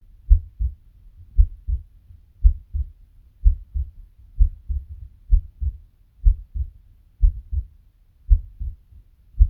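Steady low paired lub-dub thumps at about 58 beats a minute, a slow regular adult heartbeat.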